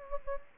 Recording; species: mosquito wingbeat signal from an infrared sensor; Anopheles gambiae